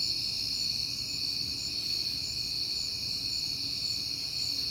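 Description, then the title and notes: Crickets chirp in a steady, unbroken high chorus of several overlapping trilling tones, with a faint low rumble underneath. Crickets heard often in September; recorded at night on a peaceful night. "Night Time: Crickets and Passing Cars. It is September and I have been hearing the crickets a lot, but finally had a peaceful night to make the recording"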